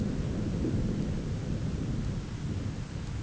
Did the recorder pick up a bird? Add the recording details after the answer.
no. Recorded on Arctic tundra, site ZACK-1, on 9 June 2019. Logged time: 17:49